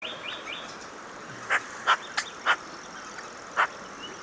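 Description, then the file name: Eurasian magpie giving short, harsh single calls, four or five rasping notes spaced irregularly over a few seconds, with faint thin bird chirps in the background. "Pica pica"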